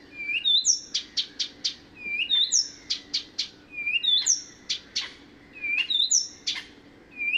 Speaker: Viitakerttunen ja merilokki lähtee